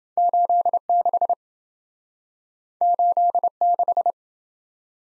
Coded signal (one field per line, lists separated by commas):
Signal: Morse code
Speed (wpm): 27 wpm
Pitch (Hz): 700 Hz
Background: none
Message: 86 86